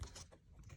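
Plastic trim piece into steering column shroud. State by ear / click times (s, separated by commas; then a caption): not seated / none. A small plastic column trim piece is handled and pushed up toward the steering column shroud of a 2011 F350 during a wiper/blinker switch replacement. Short, light plastic rattles and taps are heard over a low rumble. Nothing has seated or clicked yet.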